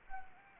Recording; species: mosquito wingbeat signal from an infrared sensor; Anopheles arabiensis